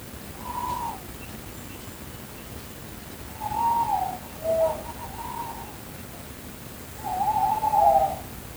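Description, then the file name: Tawny owl hooting: a short hoot, then a long wavering hoot, a brief lower note and a soft hoot, ending in a long tremulous hoot, over a steady low background hiss. Alferce, 2022. "Bosuil Alferce"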